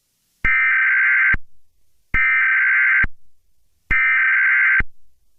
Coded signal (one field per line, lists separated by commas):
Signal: Emergency Alert System (SAME) tones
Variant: header bursts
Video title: The Storm of all Storms: A Mega EAS Scenario